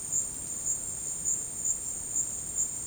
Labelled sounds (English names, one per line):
none